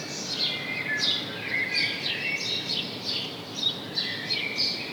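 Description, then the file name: House sparrow calls, busy overlapping chirps and a few thin sliding notes, nearly continuous throughout, with constant hiss behind. "Passer domesticus"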